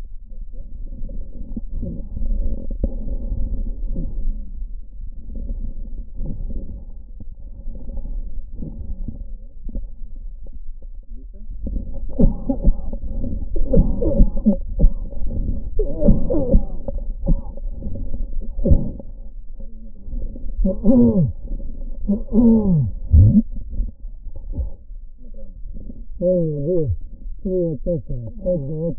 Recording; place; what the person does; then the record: lung sounds by stethoscope; right posterior basal chest; quiet breathing, then cough and speech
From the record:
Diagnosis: COPD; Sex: male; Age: 75 years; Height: 182 cm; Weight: 98 kg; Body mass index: 29.6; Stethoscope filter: diaphragm mode